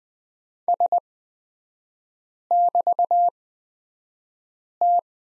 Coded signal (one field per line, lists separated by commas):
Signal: Morse code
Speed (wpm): 20 wpm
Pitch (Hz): 700 Hz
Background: none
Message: S<BT>T